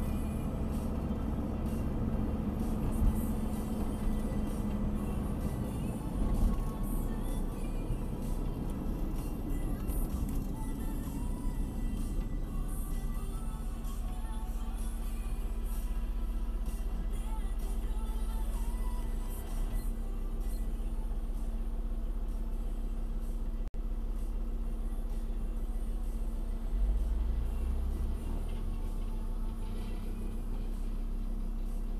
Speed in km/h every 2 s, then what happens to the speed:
54, 52, 50, 46, 34, 25, 4, 0, 0, 0, 0, 0, 0, 0, 0, 0.
0-13 brakes to 0. 13-32 standing.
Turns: none.